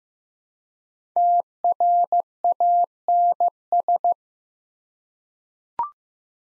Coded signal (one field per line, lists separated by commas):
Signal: Morse code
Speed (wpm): 15 wpm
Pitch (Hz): 700 Hz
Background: none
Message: TRANS